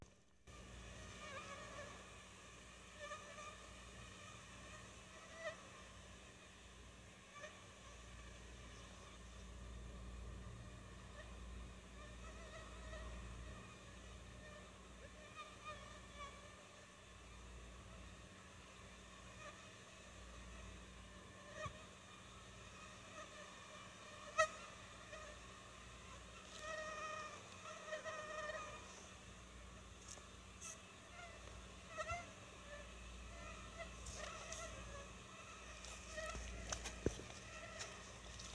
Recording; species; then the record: mosquito flight sound by mobile phone; Anopheles stephensi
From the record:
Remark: swarm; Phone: Sony Xperia